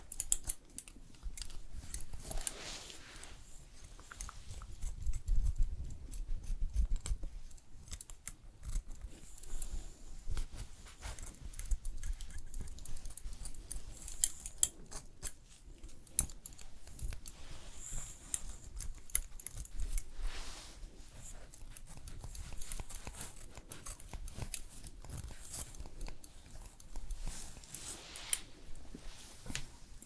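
A haircut and shave with quick, dense metallic snipping and clicking throughout, plus soft low rustling that swells around five to eight seconds.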